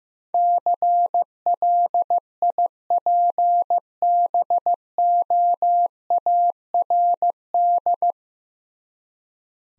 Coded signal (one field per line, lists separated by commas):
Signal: Morse code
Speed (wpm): 15 wpm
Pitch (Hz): 700 Hz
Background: none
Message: CLIPBOARD